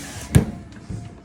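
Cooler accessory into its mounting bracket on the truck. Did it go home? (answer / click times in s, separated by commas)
yes / 0.4 s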